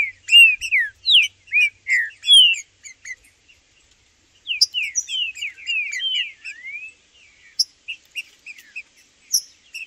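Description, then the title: Green-winged saltator delivering two clear bursts of loud slurred whistles and chirps separated by a short pause, then softer scattered notes. Several birds in the bush, including ones called Blindado and Tufão, singing and chirping while competing as males with a free-living bird. "Seu TRINCA Piando, Cantando E Macheando Na DISPUTA. Trinca Ferro no MATO Cantando e Macheando muito com Solto! Blindado e Tufão no mato"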